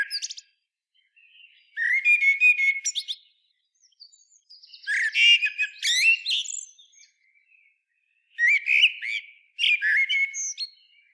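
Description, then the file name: Common blackbird song: four phrases of mellow fluted warbles, each ending in thin high squeaky twitters, with short gaps between them. "Turdus merula"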